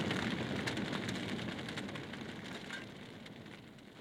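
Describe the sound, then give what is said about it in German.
A large fire burning in a theater: a dense, steady roar with scattered sharp crackles and pops, easing off slightly in volume toward the end, with no voices. “Feuer, Feuer, das Theater brennt.”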